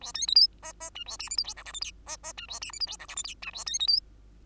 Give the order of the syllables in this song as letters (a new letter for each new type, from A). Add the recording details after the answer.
A B C D E E F A G H I J K L M N E E F A G H I J K L M N F A B C D. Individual Bird2